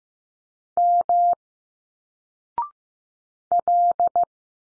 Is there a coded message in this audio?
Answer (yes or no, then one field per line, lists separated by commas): yes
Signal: Morse code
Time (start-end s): 0.8-4.2 s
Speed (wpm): 15 wpm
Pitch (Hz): 700 Hz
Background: none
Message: M L